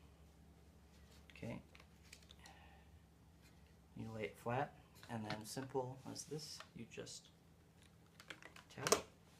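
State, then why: Seated. A plastic accessory part of a Dyson DC56 Hard cordless hand vacuum is laid flat and tapped into its holder while someone talks. A short series of clicks follows, with the loudest at 8.9 s and 8.9 s, and the part locks into place.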